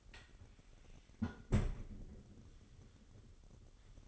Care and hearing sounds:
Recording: daily activity, microphone in the room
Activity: close fridge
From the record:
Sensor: 4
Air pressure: 989.2 hPa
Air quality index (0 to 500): 224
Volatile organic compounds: 84 ppm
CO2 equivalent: 3639 ppm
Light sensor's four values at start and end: 26/90/33/35 and 26/92/34/36

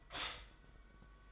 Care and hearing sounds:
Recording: daily activity, microphone in the room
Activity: stop toaster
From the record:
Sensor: 5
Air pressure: 990.8 hPa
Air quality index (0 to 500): 145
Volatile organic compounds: 131 ppm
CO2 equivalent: 3934 ppm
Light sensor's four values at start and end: 39/120/46/49 and 39/120/46/49

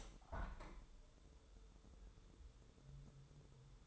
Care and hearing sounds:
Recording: daily activity, microphone in the room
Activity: open window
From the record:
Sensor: 3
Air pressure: 1014.9 hPa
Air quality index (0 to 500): 29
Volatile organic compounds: 1 ppm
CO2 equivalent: 528 ppm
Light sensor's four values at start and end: 10/23/9/9 and 10/24/10/10

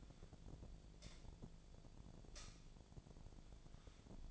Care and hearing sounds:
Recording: daily activity, microphone in the room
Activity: light on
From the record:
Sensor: 5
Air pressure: 1009.9 hPa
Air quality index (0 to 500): 160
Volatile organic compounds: 4 ppm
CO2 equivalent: 1554 ppm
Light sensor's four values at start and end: 175/442/184/198 and 174/442/184/198

